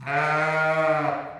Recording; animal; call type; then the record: contact call of a hoofed animal; sheep; low-frequency (closed-mouth) or high-frequency (open-mouth) call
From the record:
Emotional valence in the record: positive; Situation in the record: reunion with pen mate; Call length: 1.40 s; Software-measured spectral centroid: 1660 Hz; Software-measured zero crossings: 1980 a second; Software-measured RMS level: -24 dBFS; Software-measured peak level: -11 dBFS